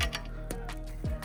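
The primary O2 sensor's plastic electrical connector is being pushed toward its mating harness plug under the sway bar during installation of a Magnaflow direct-fit catalytic converter on an RSX Type-S. Brief plastic handling ticks land at about 0.2, 0.5, 0.7 and 1.2 seconds over a steady tonal hum. Nothing has seated or clicked yet.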